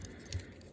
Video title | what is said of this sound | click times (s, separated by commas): Transformers Tuesday! Sunstreaker (Concept Art) Studio Series #111 | you can go ahe and fold this all the way back it locks into place | 0.3 s